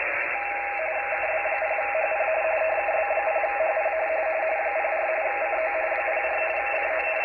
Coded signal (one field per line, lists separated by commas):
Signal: RTTY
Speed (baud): 45.45 baud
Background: radio noise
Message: KB0HP KB0HP 04 CO 04 CO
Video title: DroidTTY Xiegu G90 copying RTTY contest